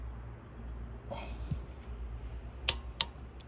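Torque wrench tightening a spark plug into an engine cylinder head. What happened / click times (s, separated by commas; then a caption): The torque wrench clicked over at its set torque / 2.7 s, 3.0 s. A torque wrench set to 25 Nm tightens a spark plug into the cylinder head of a Citroën C1 engine. Over a low steady hum and faint handling noise, the wrench breaks over with two sharp clicks at 2.7 s and 3.0 s, showing it has reached the set torque.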